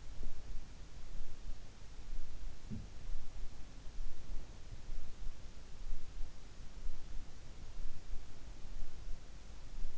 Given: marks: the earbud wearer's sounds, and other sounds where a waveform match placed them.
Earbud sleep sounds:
sounds in sleep by an in-ear microphone; teeth grinding
0.00-0.42 s: teeth grinding
2.55-3.07 s: sound from someone else or the room

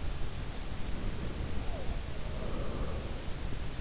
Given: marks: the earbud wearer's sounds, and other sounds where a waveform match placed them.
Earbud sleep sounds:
sounds in sleep by an in-ear microphone; breath
0.55-3.81 s: breath
1.57-2.02 s: sound from someone else or the room

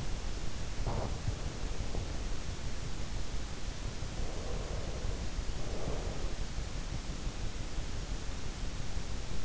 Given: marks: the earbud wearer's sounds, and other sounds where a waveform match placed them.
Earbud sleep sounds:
sounds in sleep by an in-ear microphone; breath, teeth grinding
0.67-1.29 s: breath
1.77-2.23 s: teeth grinding
4.08-6.55 s: breath

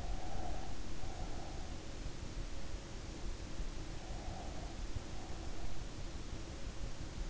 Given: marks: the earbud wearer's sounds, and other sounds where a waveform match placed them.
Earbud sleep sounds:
sounds in sleep by an in-ear microphone; breath
0.00-1.71 s: breath
4.04-5.70 s: breath

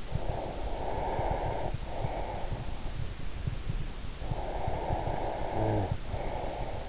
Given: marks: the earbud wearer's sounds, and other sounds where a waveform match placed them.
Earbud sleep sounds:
sounds in sleep by an in-ear microphone; breath, snoring breath
0.03-2.68 s: breath
4.23-6.89 s: snoring breath

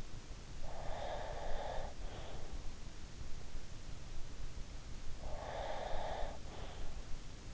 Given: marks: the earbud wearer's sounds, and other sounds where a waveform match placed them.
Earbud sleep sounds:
sounds in sleep by an in-ear microphone; breath
0.61-2.60 s: breath
5.21-6.85 s: breath

